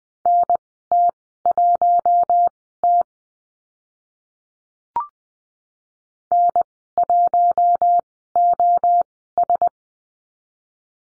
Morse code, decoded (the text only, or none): NT1T N1OS